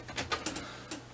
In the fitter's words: until it clicks all the way down into place and make sure it seats fully